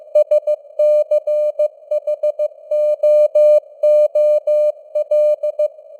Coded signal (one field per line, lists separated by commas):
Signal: Morse code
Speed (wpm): 15 wpm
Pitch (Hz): 600 Hz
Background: none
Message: SCHOOL